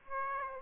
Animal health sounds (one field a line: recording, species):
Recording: mosquito wingbeat signal from an infrared sensor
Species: Aedes aegypti